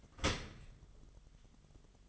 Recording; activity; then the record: daily activity, microphone in the room; open dishwasher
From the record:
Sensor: 4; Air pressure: 1005.6 hPa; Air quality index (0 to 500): 111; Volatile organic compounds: 3 ppm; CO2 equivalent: 1389 ppm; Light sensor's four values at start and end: 11/25/10/9 and 12/27/10/10